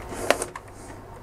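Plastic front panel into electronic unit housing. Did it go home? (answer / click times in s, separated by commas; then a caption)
yes / 0.3 s, 0.4 s. The plastic front panel of a reassembled Toyota Celsior gauge cluster or climate control unit is pressed onto its housing until its clips snap in. Two sharp plastic clicks come at 0.3 s and 0.4 s, followed by a fainter tick at 0.6 s over a low steady hum. The panel is seated firmly in place.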